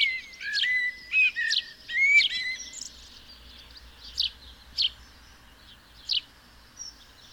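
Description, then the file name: House sparrow chirps, short sharp notes repeated irregularly, with lower whistled notes from another bird over the first few seconds. "Passer domesticus"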